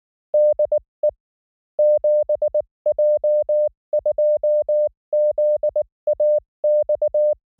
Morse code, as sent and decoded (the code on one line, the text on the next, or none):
-.. . / --... .--- ..--- --.. .- -..-
DE 7J2ZAX